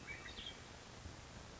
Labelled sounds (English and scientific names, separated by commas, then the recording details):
Western Tanager (Piranga ludoviciana)
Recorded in Sonoma County, California